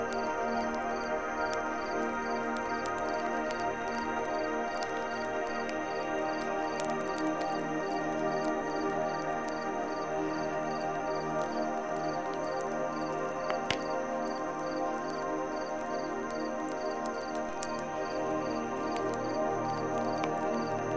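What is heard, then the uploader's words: Soft, steady sustained music holds even chords throughout, while sparse, sharp fire crackles pop irregularly above it, one louder snap near fourteen seconds. Relaxing Music & Crackling Fire Sounds. A crisp autumn night.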